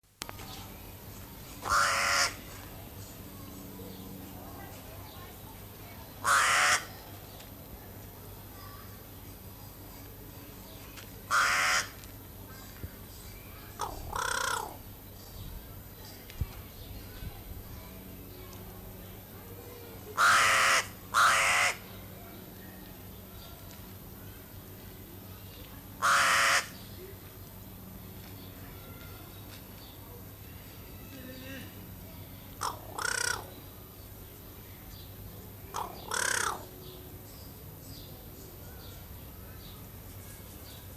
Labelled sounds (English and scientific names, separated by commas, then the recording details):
Pied Crow (Corvus albus) call
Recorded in captivity
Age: adult
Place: Zoo Berlin, Berlin, DE
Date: 2005-08-18 17:48
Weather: fair, 21 - 23°C
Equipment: Sony WM-D6C, Sony ECM-MS 907, Kopie Uher 4000 Report Monitor
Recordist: Tembrock, Günter